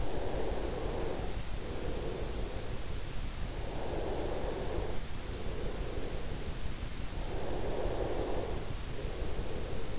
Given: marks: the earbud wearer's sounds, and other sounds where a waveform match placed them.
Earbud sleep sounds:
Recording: sounds in sleep by an in-ear microphone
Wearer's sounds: breath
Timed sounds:
0.00-2.94 s: breath
3.36-6.81 s: breath
6.99-9.99 s: breath

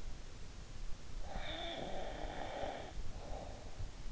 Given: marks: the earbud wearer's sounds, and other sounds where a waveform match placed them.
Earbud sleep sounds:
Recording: sounds in sleep by an in-ear microphone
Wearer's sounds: snoring breath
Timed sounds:
1.14-3.94 s: snoring breath

